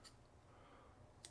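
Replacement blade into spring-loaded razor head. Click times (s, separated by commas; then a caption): 1.2 s. A thick single-edge steel replacement blade is pushed into the back of a spring-loaded OneBlade razor head against low, steady background noise, with a brief high-pitched burst at the very start. At 1.3 s a sharp, short click is heard as the blade clicks into place and is seated in the head.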